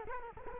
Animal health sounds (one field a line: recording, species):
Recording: mosquito wingbeat signal from an infrared sensor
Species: Culex quinquefasciatus